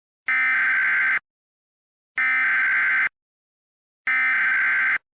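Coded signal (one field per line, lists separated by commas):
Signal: Emergency Alert System (SAME) tones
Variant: header bursts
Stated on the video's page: EAS short, possibly with valid EAS tones, made for entertainment.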